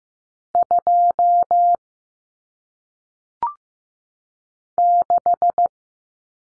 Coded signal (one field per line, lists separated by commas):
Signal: Morse code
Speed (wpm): 15 wpm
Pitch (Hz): 700 Hz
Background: none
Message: 2 6